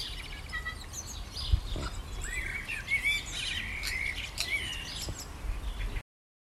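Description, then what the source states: Birds giving thin whistled notes and soft chirps, several short clear whistles in the middle, over low background noise; the sound ends abruptly. Morning birdsong.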